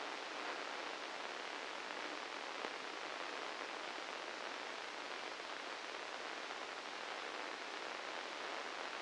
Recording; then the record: brain microelectrode recording played as sound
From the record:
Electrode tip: inside the subthalamic nucleus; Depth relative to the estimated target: 2 mm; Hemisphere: left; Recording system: NeuroSet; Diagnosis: Parkinson's disease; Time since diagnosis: 9 years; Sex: male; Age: 61 years